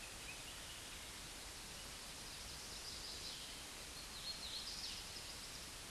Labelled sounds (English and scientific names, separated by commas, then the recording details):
Hooded Warbler (Setophaga citrina) song
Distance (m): 65 m
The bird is about 20 m above the microphone
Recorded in a Pennsylvania forest on 16 May 2024 at 09:21
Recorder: AudioMoth, point MSD-2201
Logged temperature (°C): 15.5 °C
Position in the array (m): 151 m, 116 m